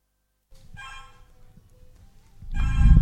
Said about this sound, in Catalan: Oh, tu, ara mos criden per telèfon.